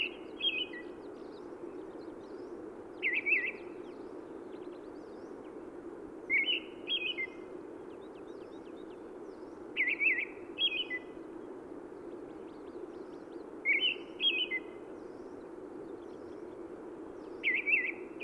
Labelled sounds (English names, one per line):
Red-throated Thrush song